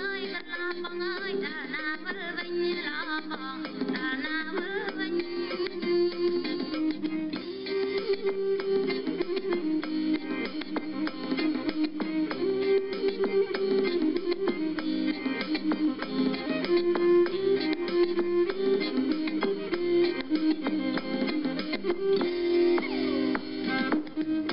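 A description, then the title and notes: Cambodian music heard over shortwave radio at night, with a melody held steadily in the middle range throughout. Frequent quick plucked or struck notes ring above it. The sound is thin and boxy, cut off above the upper treble, with a slightly hissy, uneven radio quality. SND 9485 Cambodia Music (female singing) heard on shortwave radio at night in Phnom Penh, Cambodia. Cambodia - music on shortwave radio.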